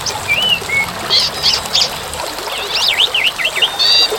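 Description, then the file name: Asian pied starling singing quieter whistled notes, then a quick series of zigzag chirps and slurs, with a constant rain-like hiss throughout. Birdsong amid rain. "suara burung jalak suren dan tengah hujan"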